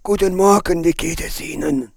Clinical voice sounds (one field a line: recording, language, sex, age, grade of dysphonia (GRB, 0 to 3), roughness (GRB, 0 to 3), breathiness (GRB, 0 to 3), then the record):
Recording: spoken sentence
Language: German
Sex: male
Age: 60 to 69 years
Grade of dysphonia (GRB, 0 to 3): 3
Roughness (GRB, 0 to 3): 2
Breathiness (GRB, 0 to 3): 3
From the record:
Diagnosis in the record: frontolateral partial laryngectomy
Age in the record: 67 years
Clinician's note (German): Aufnahme 6 nach OP